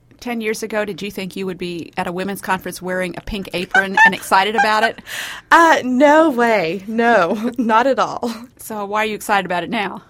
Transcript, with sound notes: Ten years ago did you think that you would be at a woman’s conference wearing a pink apron and excited about it?
(laughter) No way! No, not at all!
So why are you excited about it now?